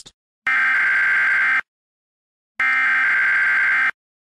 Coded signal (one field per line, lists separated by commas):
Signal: Emergency Alert System (SAME) tones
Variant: header bursts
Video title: EAS Blizzard Warning